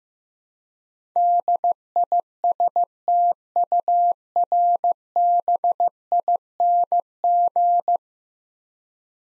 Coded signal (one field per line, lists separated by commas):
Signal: Morse code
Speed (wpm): 15 wpm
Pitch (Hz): 700 Hz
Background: none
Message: DISTURBING